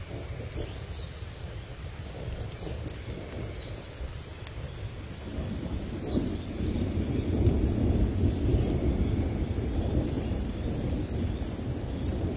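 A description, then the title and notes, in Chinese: A thunderstorm with a deep, continuous rumble of thunder under steady rain, swelling louder after about five seconds and staying heavy to the end. 雷雨闪电声。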